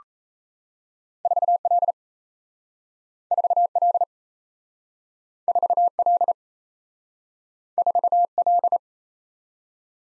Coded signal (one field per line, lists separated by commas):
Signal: Morse code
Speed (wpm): 37 wpm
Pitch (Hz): 700 Hz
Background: none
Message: 4L 4L 4L 4L